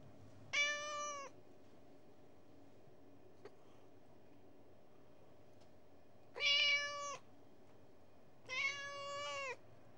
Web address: BBC Sound Effects Library. Persian Cat